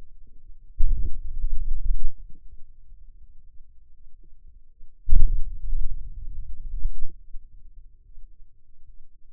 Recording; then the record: forearm muscle sounds (acoustic myography)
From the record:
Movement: hand opening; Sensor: system 2, bracelet of six BSWA MPA416 microphones around the upper forearm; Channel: 5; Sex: male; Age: 22 years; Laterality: right